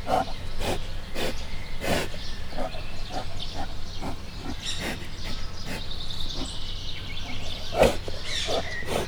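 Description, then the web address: Brown bear breathing in a steady run of rasping, noisy puffs. Brown bear at Miskolc Zoo, 2018, breathing, heard from above. "allathangok miskolcizoo 2018 barna medve folulrolahogyanszuszog"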